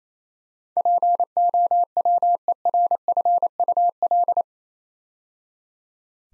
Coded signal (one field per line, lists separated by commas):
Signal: Morse code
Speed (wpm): 28 wpm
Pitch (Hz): 700 Hz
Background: none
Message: POWERFUL